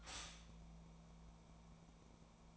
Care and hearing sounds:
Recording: daily activity, microphone in the room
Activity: stop toaster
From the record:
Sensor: 1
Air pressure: 1000.3 hPa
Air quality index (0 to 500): 155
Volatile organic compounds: 3 ppm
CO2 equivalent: 1450 ppm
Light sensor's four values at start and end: 31/76/32/39 and 31/76/32/39

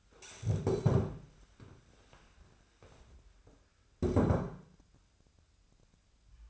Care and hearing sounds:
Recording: daily activity, microphone in the room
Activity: stand up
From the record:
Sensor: 2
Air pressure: 1015.1 hPa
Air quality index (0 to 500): 158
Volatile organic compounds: 8 ppm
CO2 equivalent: 2044 ppm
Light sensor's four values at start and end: 12/33/13/14 and 11/29/11/13

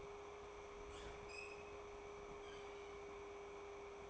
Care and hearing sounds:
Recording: daily activity, microphone in the room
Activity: open fridge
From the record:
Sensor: 1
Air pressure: 1004.6 hPa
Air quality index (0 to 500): 192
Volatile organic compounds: 16 ppm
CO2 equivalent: 2537 ppm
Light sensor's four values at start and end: 5/11/4/4 and 5/11/4/4

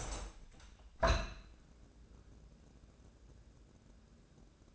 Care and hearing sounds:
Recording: daily activity, microphone in the room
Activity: open window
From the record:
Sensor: 2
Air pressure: 1012.2 hPa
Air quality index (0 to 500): 122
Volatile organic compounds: 1 ppm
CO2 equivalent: 904 ppm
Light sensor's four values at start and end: 106/254/104/103 and 106/254/104/103

